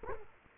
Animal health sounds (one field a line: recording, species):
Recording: mosquito wingbeat signal from an infrared sensor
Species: Culex quinquefasciatus